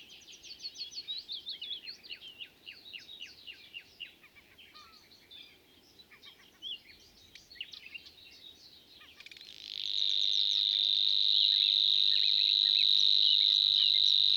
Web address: soorten geluid Snor